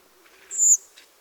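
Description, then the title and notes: Redwing call: a single thin, high, drawn-out 'tseeh', followed by a faint short note. "Redwing Turdus i. iliacus. North Sea, offshore, Germany, Mathias Putze"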